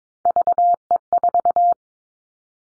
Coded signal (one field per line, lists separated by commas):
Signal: Morse code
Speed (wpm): 22 wpm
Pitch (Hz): 700 Hz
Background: none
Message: VE4